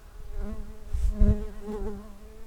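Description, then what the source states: Common carder bee buzzing, a low steady hum with harmonic bands that swells louder in the middle before fading. Worker bees.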